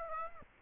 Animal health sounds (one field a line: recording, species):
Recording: mosquito wingbeat signal from an infrared sensor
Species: Aedes aegypti